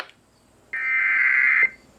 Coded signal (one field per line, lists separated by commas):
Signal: Emergency Alert System (SAME) tones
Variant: header bursts